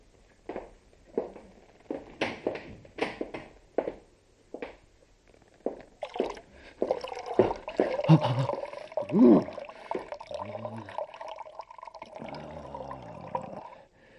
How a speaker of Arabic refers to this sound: سأخرج وأفتح صنبور المياه فوق رأسي علي أفيق.